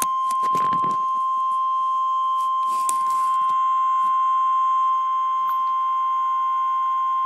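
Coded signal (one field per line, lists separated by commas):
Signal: Emergency Alert System (SAME) tones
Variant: 1050 Hz attention tone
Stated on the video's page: Real Severe Thunderstorm Watch alert.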